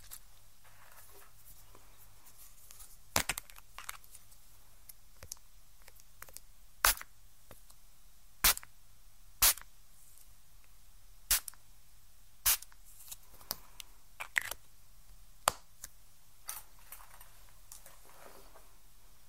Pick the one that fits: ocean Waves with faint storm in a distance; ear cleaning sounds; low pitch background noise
ear cleaning sounds